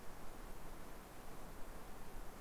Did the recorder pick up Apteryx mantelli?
no